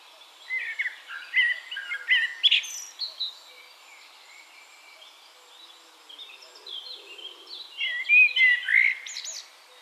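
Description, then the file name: Eurasian blackbird song, two stretches of mellow warbled whistles with scratchy high endings, separated by a short lull, amid a faint chorus of other birds. "Turdus merula"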